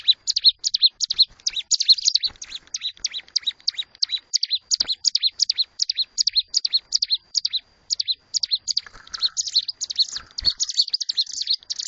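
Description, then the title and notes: Bar-winged prinia singing a fast series of sharp, high, down-slurred notes with a few soft knocks in the background. Collection of vigorously singing ('gacor') ciblek, including young birds. "Kicau Ciblek. putri sherin. kumpulan suara burung ciblek gacor dan anakan"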